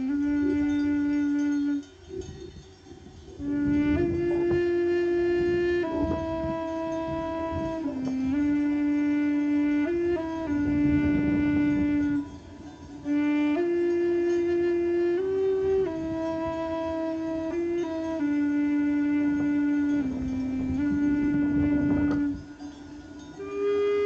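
A tenor recorder plays a slow improvised line of long, breathy held notes that step between a few nearby pitches in the low-middle range. The phrases are separated by brief pauses near the start, the middle and the end, over a faint outdoor background.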